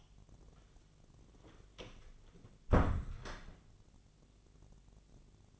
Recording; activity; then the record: daily activity, microphone in the room; close door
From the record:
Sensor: 4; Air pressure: 1001.2 hPa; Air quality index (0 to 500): 181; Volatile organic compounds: 2 ppm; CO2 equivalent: 1294 ppm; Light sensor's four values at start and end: 15/34/14/14 and 17/39/16/16